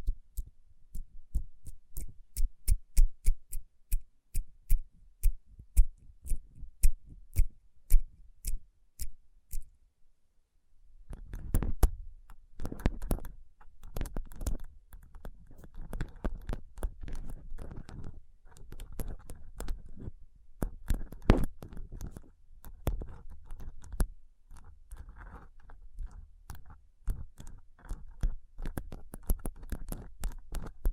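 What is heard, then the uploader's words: Fingers tap rhinestone-covered palms in a quick, regular run of sharp clicks for the first ten seconds, then stop briefly. From about eleven seconds, rubbing takes over: a dense, scratchy, crackling stream with irregular clicks and occasional louder taps through to the end. Tapping & Rubbing Rhinestone Covered Palms.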